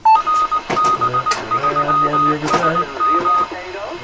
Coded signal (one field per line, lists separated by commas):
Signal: Morse code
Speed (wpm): 20 wpm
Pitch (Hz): 1250 Hz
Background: speech, radio noise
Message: RB3SM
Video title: 7 Band HF Antenna Switcher 39 - Frame Ground Foil Die Cutting Tool - Stanley Blades - G7UIV David